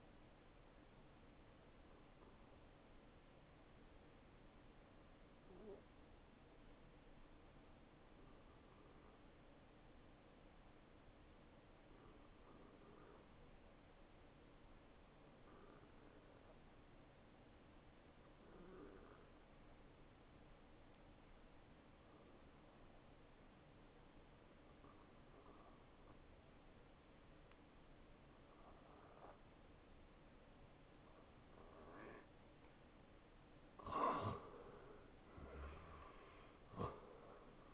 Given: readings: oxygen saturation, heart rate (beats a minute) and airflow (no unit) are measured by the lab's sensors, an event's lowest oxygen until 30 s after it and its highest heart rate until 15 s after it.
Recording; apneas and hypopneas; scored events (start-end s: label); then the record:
breathing in sleep by a voice recorder at the bedside; 1
3.00-33.60 s: hypopnea (N1, oxygen 95% highest, then 87% lowest, heart rate 64 at the start, 76 highest)
From the record:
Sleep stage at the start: N1 (lightest sleep); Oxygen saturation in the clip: 90 to 95%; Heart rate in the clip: 62 to 77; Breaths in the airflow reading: 11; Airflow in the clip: -11.0 to 6.2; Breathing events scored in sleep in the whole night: 263 in 5.5 hours asleep